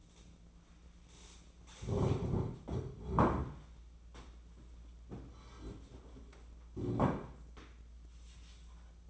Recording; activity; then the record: daily activity, microphone in the room; stand up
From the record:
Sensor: 1